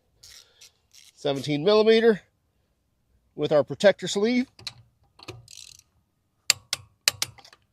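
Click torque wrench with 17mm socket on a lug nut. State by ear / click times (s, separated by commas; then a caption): torque reached / 7.1 s. A Milwaukee 1/2-inch 250 ft-lbs click torque wrench, fitted with a 17 mm socket and protector sleeve, is pulled on a lug nut to its 100 ft-lbs setting while someone talks. Sharp mechanical clicks follow, and the wrench gives a very pronounced click at 7.1 s, confirming it has reached torque.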